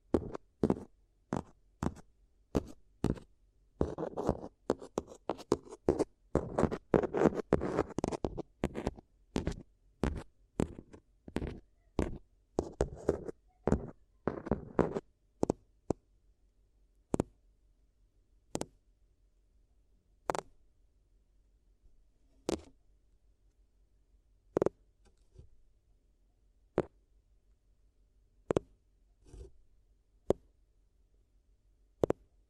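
Dry taps and crinkles sound like paper being handled. For the first fifteen seconds the sharp clicks come quickly with soft rustling between them, then thin out to isolated taps every second or two over a quiet, low hum.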